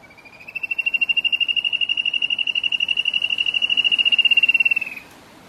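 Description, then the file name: Spot-backed antshrike song: a long, rapid trill of beating notes, rising slightly at the start, then steady and strong for about four and a half seconds before stopping sharply. "Canto do chocao carijo"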